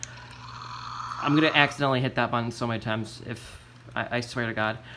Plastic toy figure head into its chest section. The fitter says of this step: here he move his head up a little bit and then shove his head literally down into his chest until it clicks into place